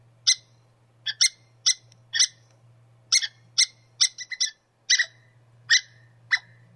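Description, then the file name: Squirrel calling with harsh, clipped chips, some in quick doublets and triplets, spaced unevenly, over a low hum. "suara-bajing omkicau"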